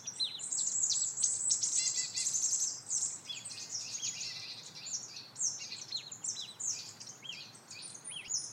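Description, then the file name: Marsh tit calls: dense, rapid high chirps and downward-sweeping notes in quick irregular series. "Poecile palustris"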